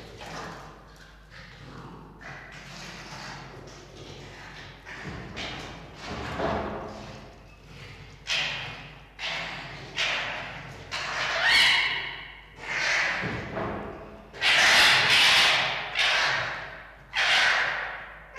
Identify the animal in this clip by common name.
Red Fox